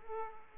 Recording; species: mosquito wingbeat signal from an infrared sensor; Aedes aegypti